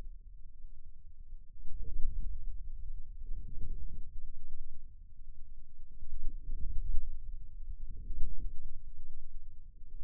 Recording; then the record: forearm muscle sounds (acoustic myography)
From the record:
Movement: inward rotation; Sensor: system 2, bracelet of six BSWA MPA416 microphones around the upper forearm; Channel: 2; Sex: male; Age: 22 years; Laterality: right